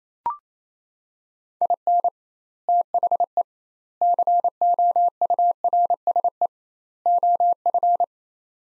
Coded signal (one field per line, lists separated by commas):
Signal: Morse code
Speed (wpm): 28 wpm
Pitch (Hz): 700 Hz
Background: none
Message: IN THE COURSE OF